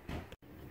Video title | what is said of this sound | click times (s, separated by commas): Changing the deck engagement cable on a Troy Bilt Bronco riding mower | okay yeah see the bracket i just pulled it up in the bottom and it snapped in place right there | 0.3 s